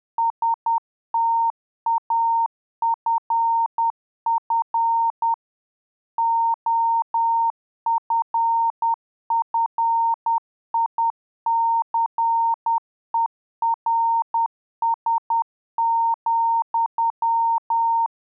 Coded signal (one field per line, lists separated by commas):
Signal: Morse code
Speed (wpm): 10 wpm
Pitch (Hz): 920 Hz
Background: none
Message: STAFF OFFICERS,